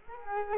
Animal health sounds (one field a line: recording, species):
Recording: mosquito wingbeat signal from an infrared sensor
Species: Culex quinquefasciatus